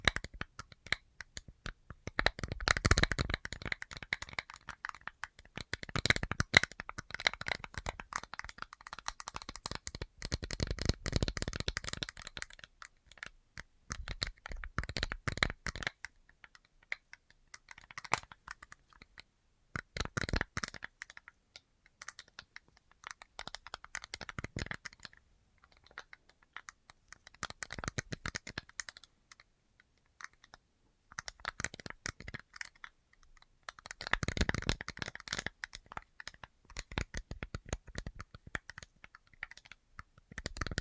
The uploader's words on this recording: ASMR Tingliest Tapping Assortment for Sleep (No Talking).